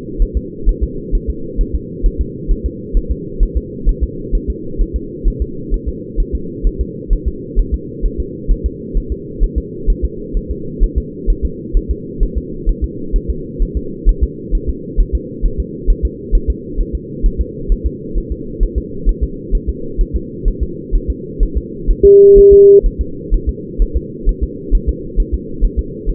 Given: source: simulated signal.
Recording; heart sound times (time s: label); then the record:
fetal heart sounds
0.22 s: S1
0.37 s: S2
0.69 s: S1
0.83 s: S2
1.15 s: S1
1.30 s: S2
1.61 s: S1
1.75 s: S2
2.06 s: S1
2.21 s: S2
2.52 s: S1
2.66 s: S2
2.97 s: S1
3.11 s: S2
3.43 s: S1
3.57 s: S2
3.89 s: S1
4.03 s: S2
4.35 s: S1
4.50 s: S2
4.81 s: S1
4.96 s: S2
5.28 s: S1
5.42 s: S2
5.74 s: S1
5.88 s: S2
6.20 s: S1
6.35 s: S2
6.67 s: S1
6.81 s: S2
7.13 s: S1
7.28 s: S2
7.59 s: S1
7.74 s: S2
8.06 s: S1
8.20 s: S2
8.52 s: S1
8.66 s: S2
8.97 s: S1
9.12 s: S2
9.44 s: S1
9.58 s: S2
9.90 s: S1
10.05 s: S2
10.37 s: S1
10.51 s: S2
10.84 s: S1
10.98 s: S2
11.30 s: S1
11.45 s: S2
11.77 s: S1
11.91 s: S2
12.23 s: S1
12.38 s: S2
12.69 s: S1
12.84 s: S2
13.16 s: S1
13.30 s: S2
13.62 s: S1
13.77 s: S2
14.09 s: S1
14.23 s: S2
14.55 s: S1
14.70 s: S2
15.00 s: S1
15.15 s: S2
15.45 s: S1
15.60 s: S2
15.90 s: S1
16.05 s: S2
16.35 s: S1
16.50 s: S2
16.80 s: S1
16.95 s: S2
17.26 s: S1
17.41 s: S2
17.72 s: S1
17.86 s: S2
18.18 s: S1
18.32 s: S2
18.63 s: S1
18.78 s: S2
19.09 s: S1
19.23 s: S2
19.55 s: S1
19.69 s: S2
20.01 s: S1
20.16 s: S2
20.48 s: S1
20.63 s: S2
20.95 s: S1
21.10 s: S2
21.43 s: S1
21.57 s: S2
21.91 s: S1
22.05 s: S2
22.38 s: S1
22.53 s: S2
22.86 s: S1
23.01 s: S2
23.34 s: S1
23.49 s: S2
23.82 s: S1
23.97 s: S2
24.29 s: S1
24.43 s: S2
24.75 s: S1
24.89 s: S2
25.20 s: S1
25.34 s: S2
25.65 s: S1
25.79 s: S2
26.09 s: S1
From the record:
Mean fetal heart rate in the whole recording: 130 bpm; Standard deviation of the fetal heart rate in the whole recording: 4 bpm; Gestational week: 38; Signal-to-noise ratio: -4.3 dB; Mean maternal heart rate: 72 bpm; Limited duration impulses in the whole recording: present